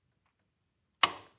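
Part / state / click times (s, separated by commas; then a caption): a component coming off a phonograph spring motor / released / 1.0 s. During disassembly of a vintage Victor II phonograph spring motor, a glued-in part is worked on again after a failed first try. After near silence with a faint steady high tone, a single sharp, loud snap rings out at 1.0 s and decays quickly. The part snaps loose and comes free.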